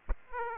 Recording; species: mosquito wingbeat signal from an infrared sensor; Aedes aegypti